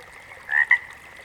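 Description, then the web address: Water frog croaking once, a short double-pulsed note with a steady chorus-like hum running underneath throughout. "Sounds of Nature Collection. Water Frogs"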